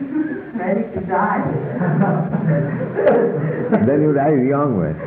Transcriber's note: laughter